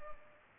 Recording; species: mosquito wingbeat signal from an infrared sensor; Culex pipiens